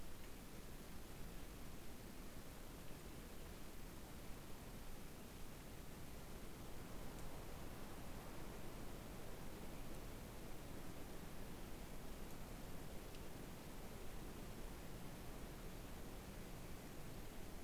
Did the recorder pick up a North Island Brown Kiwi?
no